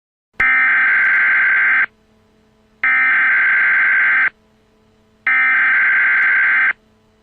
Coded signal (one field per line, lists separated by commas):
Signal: Emergency Alert System (SAME) tones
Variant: header bursts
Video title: EAS 1 Freeze warning